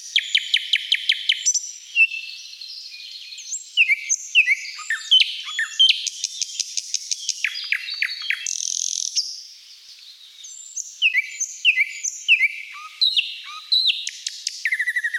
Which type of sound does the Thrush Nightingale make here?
song